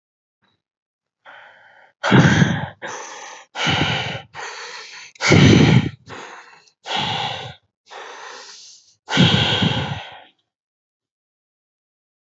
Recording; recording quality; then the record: shallow breathing; excellent, no background noise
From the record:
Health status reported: healthy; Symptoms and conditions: fever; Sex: male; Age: 32 years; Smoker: yes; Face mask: not worn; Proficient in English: yes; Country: India